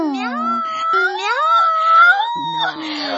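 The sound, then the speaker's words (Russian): A voice imitates a cat's meow: drawn-out, wavering, high-pitched mewing tones that rise and fall over about three seconds, fairly loud, with a brief lower vocal sound near the end. “Мяу, мы не спим.”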